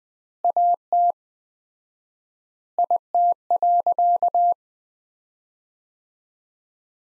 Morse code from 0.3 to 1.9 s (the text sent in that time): AT